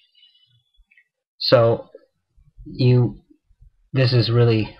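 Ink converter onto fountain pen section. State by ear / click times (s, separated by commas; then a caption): not seated / none. A Monteverde hard-plastic mini ink converter is pushed onto the feed nipple of a fountain pen section, with faint small ticks near the start, and then someone talks. It does not click in place and stays only a loose fit, so nothing has seated or clicked yet.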